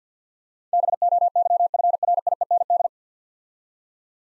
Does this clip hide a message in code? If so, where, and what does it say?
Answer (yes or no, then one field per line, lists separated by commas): yes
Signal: Morse code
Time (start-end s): 0.7-2.9 s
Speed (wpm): 49 wpm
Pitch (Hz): 700 Hz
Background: none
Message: BOYFRIEND